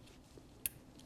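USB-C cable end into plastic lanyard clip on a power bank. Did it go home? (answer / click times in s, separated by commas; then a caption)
yes / 0.7 s. A USB-C cable end is pushed back into the small plastic clip on a power bank's lanyard, where little retaining tabs hold it. A sharp, bright click at 0.7 s, followed by faint ticks near 1.0 s, shows the cable end seating into place.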